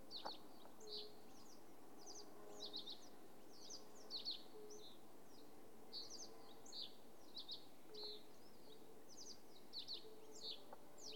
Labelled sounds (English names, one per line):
Fire-Bellied Toad call